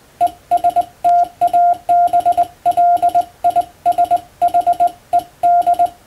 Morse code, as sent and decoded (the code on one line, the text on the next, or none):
. ... - .- -... .-.. .. ... .... . -..
ESTABLISHED